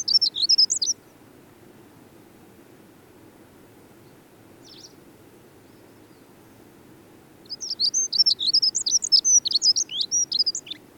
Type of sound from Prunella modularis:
song